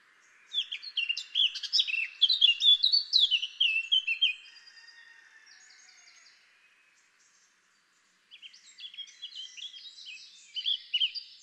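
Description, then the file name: Eurasian blackcap song: a strong phrase of fast, varied warbled notes fades into soft chatter, then after a gap a new quieter phrase builds. "Sylvia atricapilla"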